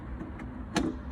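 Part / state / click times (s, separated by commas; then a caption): headlight bulb into headlamp housing socket / not seated / none. A replacement headlight bulb for an Opel Corsa is pressed into the metal/plastic headlamp housing socket, with its notch lined up. A low, steady background rumble carries a faint tap near 0.2 s and 0.4 s, then a sharper, brighter contact sound at 0.8 s. The bulb has not seated or clicked into place yet.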